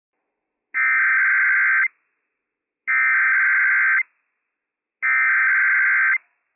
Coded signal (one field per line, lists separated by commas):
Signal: Emergency Alert System (SAME) tones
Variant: header bursts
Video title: Franklin County EM RWTTT - WWF56 - EAS #212 - 8:47 AM PST 12/30/21